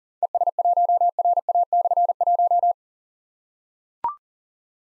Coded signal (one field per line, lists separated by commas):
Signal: Morse code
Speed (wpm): 42 wpm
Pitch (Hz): 700 Hz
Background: none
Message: ES1RA/1